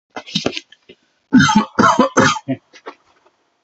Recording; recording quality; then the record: shallow voluntary cough; excellent, no background noise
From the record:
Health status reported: healthy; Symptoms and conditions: none ticked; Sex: male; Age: 40 years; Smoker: not ticked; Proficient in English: yes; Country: India